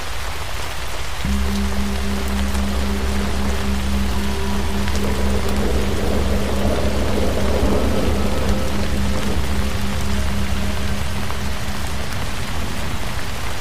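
Steady, dense rain hisses throughout while a low singing bowl drone enters after a second and holds its layered tones until near the end.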